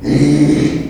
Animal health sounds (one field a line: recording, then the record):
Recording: squeal of a Yucatan mini pig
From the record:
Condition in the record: after surgery on the right vocal fold (resection and tissue-engineered implant)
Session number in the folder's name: 2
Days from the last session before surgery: 13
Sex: male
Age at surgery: 12 weeks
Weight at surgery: 13 kg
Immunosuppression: cyclosporine, prednisolone